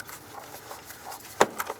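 A rubber air intake tube is worked all the way around over the throttle body inlet on a 2003–09 Toyota 4Runner engine, with soft handling and rubbing sounds throughout. A sharp pop at 1.4 s marks the tube seating into place, followed by two quieter taps at about 1.6 s and 1.7 s.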